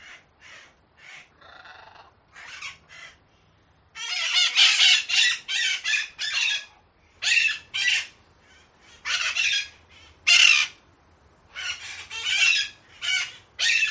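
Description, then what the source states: Parakeets giving harsh, raspy screeches in short bursts, sparse at first, then denser from about four seconds on with brief pauses between. Several parakeets, described as angry; sound-effect loop.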